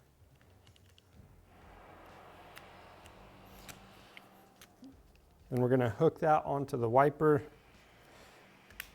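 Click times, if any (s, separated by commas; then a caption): 8.8 s. Someone hooks the wiper arm onto the windshield wiper mount of a Polaris RZR XP Turbo S / XP 4 Turbo S during a Tusk UTV Stage 2 Upgrade Kit install, then presses the hinged plastic wiper arm cover down. Faint ticks and handling noise come first, and someone talks in the middle. One sharp click at 8.8 s marks the cover snapping shut and seating in place.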